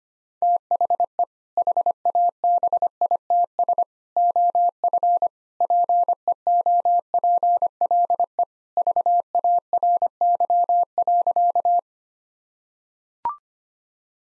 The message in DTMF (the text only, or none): none